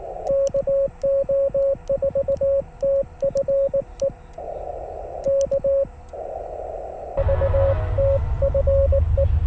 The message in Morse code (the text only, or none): KO4TFE K VTFE